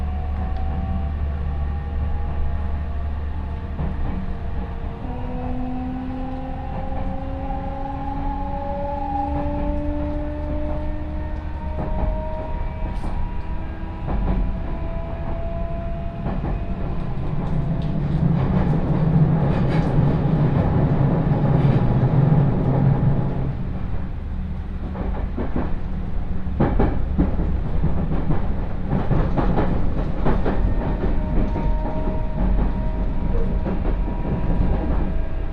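A train ride on the Chuo West Line: steady low rumble with gliding whine tones, rising around twenty seconds, scattered clicks and clatter throughout.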